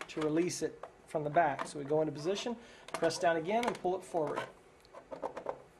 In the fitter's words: locked into place